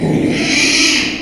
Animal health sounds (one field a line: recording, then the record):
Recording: squeal of a Yucatan mini pig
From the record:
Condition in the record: after surgery on the right vocal fold (resection and tissue-engineered implant)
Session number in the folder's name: 2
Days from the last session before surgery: 13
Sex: male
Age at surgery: 12 weeks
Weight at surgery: 13 kg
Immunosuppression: cyclosporine, prednisolone